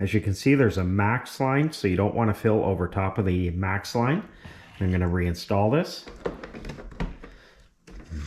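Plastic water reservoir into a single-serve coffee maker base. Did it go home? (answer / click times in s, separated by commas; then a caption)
yes / 7.0 s. Someone talks while reinstalling the filled plastic water reservoir onto a Keurig K-Express single-serve coffee maker base, followed by a few light knocks and clatters as it is pushed down. The reservoir clicks back into place at about 7.0 s and is seated.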